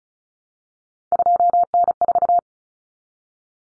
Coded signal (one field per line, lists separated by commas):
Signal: Morse code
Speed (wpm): 34 wpm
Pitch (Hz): 700 Hz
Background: none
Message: 2N4